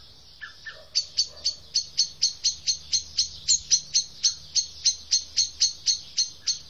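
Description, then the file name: Common blackbird giving sharp, high chinking calls in a long steady run, after a few lower clucking notes at the start. "Turdus merula"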